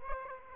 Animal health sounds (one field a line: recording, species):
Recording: mosquito wingbeat signal from an infrared sensor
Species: Aedes aegypti